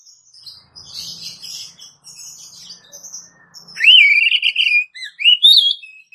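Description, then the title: Oriental magpie-robin song: soft high twittering at first, then a loud whistled phrase with a wavering trill and short rising notes near the end. "Kacer"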